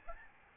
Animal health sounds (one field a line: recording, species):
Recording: mosquito wingbeat signal from an infrared sensor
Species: Aedes albopictus